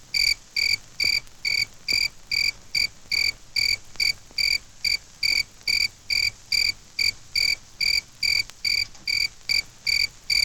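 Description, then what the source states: A cricket chirps steadily, giving regular bright, high-pitched pulses roughly twice each second throughout. A single cricket chirping.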